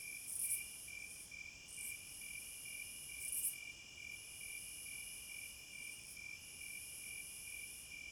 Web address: Natures Songs Nature Sounds Sounds of Nature Collection 30 Cicadas